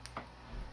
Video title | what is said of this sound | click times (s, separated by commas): Google Pixel 3 XL Unboxing First Impressions and Globally Unlocked Verification | make sure it clicks into place | 0.1 s, 0.2 s